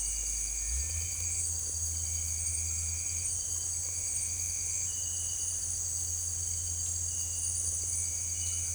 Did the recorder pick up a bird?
no